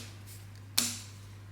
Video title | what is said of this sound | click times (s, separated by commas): Babyliss black FX one trimmer unbox & review | and it just pops into place. | 0.8 s